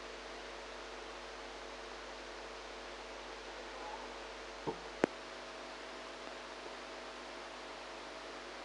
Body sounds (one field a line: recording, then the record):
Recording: brain microelectrode recording played as sound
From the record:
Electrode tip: outside the subthalamic nucleus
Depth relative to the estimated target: 1 mm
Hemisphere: right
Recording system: NeuroSet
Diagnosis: Parkinson's disease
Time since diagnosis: 8 years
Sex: female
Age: 45 years